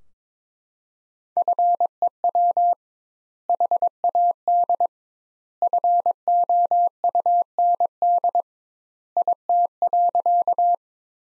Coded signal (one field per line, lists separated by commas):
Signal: Morse code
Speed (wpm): 22 wpm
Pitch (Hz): 700 Hz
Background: none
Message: FEW HAD FOUND IT.